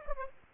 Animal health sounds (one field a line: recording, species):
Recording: mosquito wingbeat signal from an infrared sensor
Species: Aedes aegypti